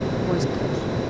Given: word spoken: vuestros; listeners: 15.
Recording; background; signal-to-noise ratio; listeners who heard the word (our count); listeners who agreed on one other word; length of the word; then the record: one Spanish word in noise, from a listening test; speech-shaped noise; -6.1 dB; 4 of 15; 8 of 15; 0.70 s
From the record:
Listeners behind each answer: 8, 4, 1, 1, 1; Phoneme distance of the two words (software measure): 17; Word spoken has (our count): 2 syllables, 8 phonemes, stress on syllable 1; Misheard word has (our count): 2 syllables, 7 phonemes, stress on syllable 1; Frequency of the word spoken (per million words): 6.03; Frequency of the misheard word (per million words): 57.65